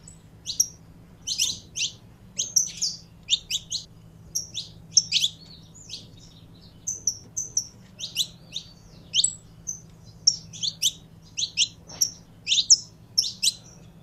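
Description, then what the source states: Canary song: bright, high chirps and short twittered notes delivered in irregular groups throughout, with a steady low hum underneath. Song of a purebred Belgian canary.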